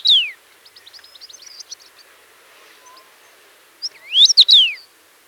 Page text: Common Rosefinch Song. Quick Sounds